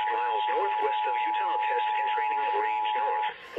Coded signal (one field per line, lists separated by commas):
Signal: Emergency Alert System (SAME) tones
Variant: 853 and 960 Hz attention tone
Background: speech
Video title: HI SLC HOW THE HECK ARE YA EAS Alerts From 9/12/21 EAS#335-340